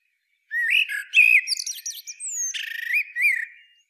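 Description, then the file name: Eurasian blackbird singing one continuous phrase of low whistled warbles interwoven with high thin squeaks and a brief rattled twitter. "Turdus merula"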